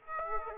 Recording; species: mosquito wingbeat signal from an infrared sensor; Aedes aegypti